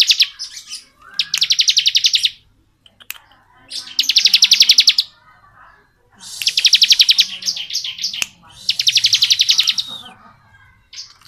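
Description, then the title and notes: Bar-winged prinia song: fast buzzy trills of rapidly repeated high notes, in several bursts of a second or more separated by short pauses. Song in the ngebren style, used as tutor audio for training murai batu songbirds. "Ciblek Ngebren Untuk Masteran Murai Batu. Suara burung ciblek - Suara Nada"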